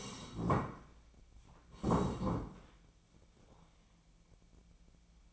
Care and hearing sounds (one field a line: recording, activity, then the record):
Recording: daily activity, microphone in the room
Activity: sit down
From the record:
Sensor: 1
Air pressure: 1012.3 hPa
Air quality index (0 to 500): 176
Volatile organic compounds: 3 ppm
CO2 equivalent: 1440 ppm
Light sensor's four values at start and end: 45/122/50/61 and 44/119/48/59